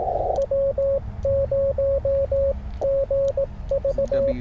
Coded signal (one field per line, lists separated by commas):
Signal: Morse code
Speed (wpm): 18 wpm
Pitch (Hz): 550 Hz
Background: radio noise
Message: W 0 G V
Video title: Sharing CW POTA with a friend! #parksontheair #hamradio